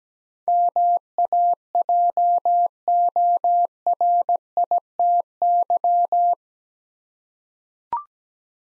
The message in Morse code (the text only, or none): MAJORITY